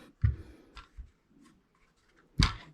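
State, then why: Seated. Another aftermarket magazine is pushed into the magazine well of a Zastava PAP M90-PS 5.56 NATO modernized AK-pattern rifle, going in a little stiff. Soft handling knocks are heard around 0.3 and 0.8 seconds. A sharp, loud latching click follows at 2.4 seconds as the magazine snaps in and seats.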